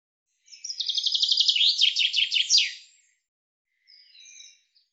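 Common chaffinch song, a trill of repeated notes ending in a descending flourish, followed by a faint softer chirp.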